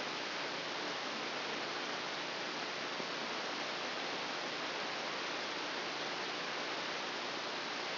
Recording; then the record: brain microelectrode recording played as sound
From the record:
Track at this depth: inside the subthalamic nucleus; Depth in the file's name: 3.108 mm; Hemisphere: left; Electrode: 2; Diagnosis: Parkinson's disease